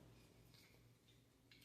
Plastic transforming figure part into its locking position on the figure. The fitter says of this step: bring these until you feel a slight click as well